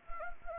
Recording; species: mosquito wingbeat signal from an infrared sensor; Anopheles arabiensis